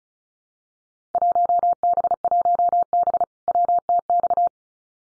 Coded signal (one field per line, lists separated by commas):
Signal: Morse code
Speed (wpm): 36 wpm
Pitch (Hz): 700 Hz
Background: none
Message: 1B1B WTX